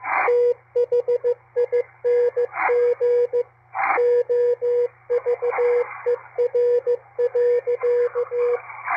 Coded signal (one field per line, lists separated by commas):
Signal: Morse code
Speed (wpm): 15 wpm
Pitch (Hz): 480 Hz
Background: radio noise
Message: THING OVER.